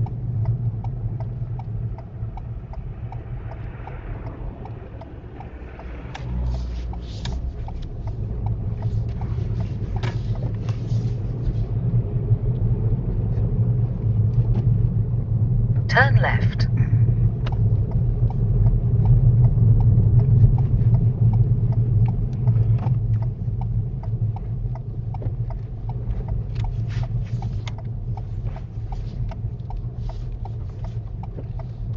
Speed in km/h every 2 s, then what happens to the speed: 6, 0, 0, 6, 11, 16, 19, 16, 19, 18, 13, 8, 10, 6, 6, 6.
0-2 slows to 0. 2-5 standing. 5-11 pulls away to 19. 11-17 steady at about 19. 17-22 slows to 8. 22-32 steady at about 6.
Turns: none.